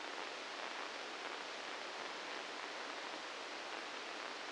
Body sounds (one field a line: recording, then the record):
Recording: brain microelectrode recording played as sound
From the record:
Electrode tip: inside the subthalamic nucleus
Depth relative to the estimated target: -1 mm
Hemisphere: left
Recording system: NeuroSet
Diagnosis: Parkinson's disease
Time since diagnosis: 9 years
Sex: male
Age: 61 years